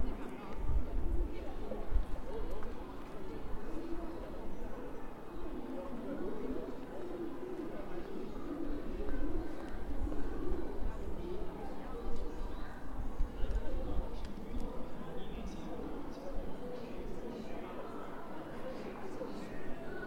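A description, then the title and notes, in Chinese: Zhongjie street in Shenyang, filled with a steady wash of overlapping voices from a crowd, dense and continuous for the whole stretch. A low rumble runs underneath, with a few heavier thumps early on, and faint higher chirps occasionally surface above the chatter. 沈阳，中街。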